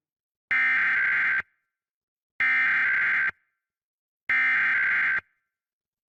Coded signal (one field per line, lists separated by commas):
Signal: Emergency Alert System (SAME) tones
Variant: header bursts